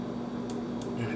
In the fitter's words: it clicks back in. So